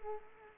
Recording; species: mosquito wingbeat signal from an infrared sensor; Culex quinquefasciatus